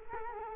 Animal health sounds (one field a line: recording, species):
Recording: mosquito wingbeat signal from an infrared sensor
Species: Culex quinquefasciatus